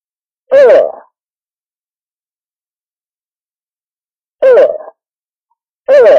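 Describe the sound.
Elk giving brief harmonic grunts, one early and two more after a long pause, separated by complete silence.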